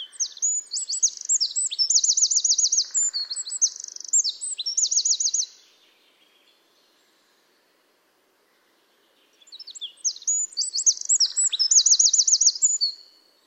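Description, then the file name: Eurasian wren singing two loud, high bouts of rapid tinkling notes and fast trills, separated by a few seconds of silence. "Troglodytes troglodytes"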